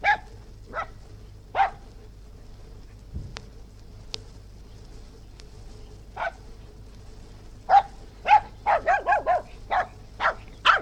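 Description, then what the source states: West Highland white terrier letting out scattered single yaps with long gaps and a couple of faint clicks, then a fast burst of barks near the end. Recorded outdoors; dog barking.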